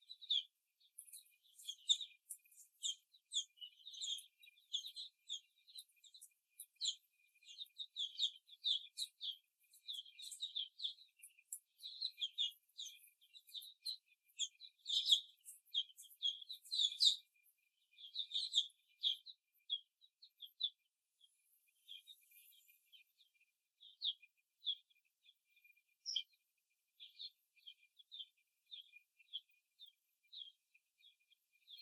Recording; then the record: young laying hens in a cage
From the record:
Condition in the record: after the stressor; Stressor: simulated dog barking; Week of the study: 1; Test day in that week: 2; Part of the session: 3